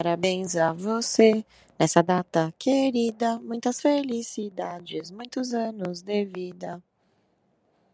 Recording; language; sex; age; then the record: short text; Brazilian Portuguese; female; 30 to 39 years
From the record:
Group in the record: control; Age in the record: 32 years